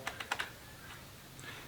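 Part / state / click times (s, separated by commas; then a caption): throttle trigger lock on a post hole auger handle / seated / 0.1 s, 0.2 s, 0.3 s, 0.4 s. The plastic throttle trigger and its hold-down lock on the handle of a new gas post hole auger are worked by hand, giving sharp plastic clicks at 0.1, 0.2, 0.3 and 0.4 seconds. The lock engages and the throttle trigger is held in place.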